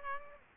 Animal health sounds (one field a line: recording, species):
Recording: mosquito wingbeat signal from an infrared sensor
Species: Aedes aegypti